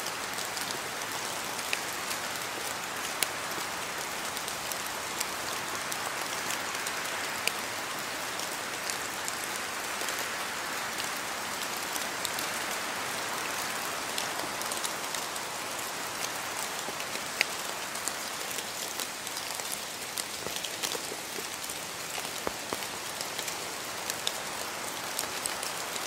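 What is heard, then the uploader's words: Rain drops fall steadily from trees in a forest, a dense, even patter that stays constant for the whole stretch. Sharper drips tap out now and then, especially toward the end, over a soft, bright hiss with little low rumble. Sound of Rain and Wind in Forest.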